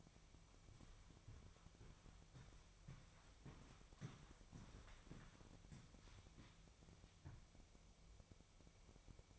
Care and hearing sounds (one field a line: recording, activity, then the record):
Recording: daily activity, microphone in the room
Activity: walk to room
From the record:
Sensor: 1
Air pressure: 999.5 hPa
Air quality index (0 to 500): 198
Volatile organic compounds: 40 ppm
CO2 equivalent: 3149 ppm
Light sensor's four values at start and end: 10/24/9/10 and 10/25/10/10